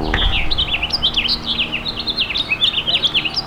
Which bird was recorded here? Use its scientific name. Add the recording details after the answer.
Haemorhous mexicanus. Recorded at Babylon on Long Island, New York, on 18 May 2013. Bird G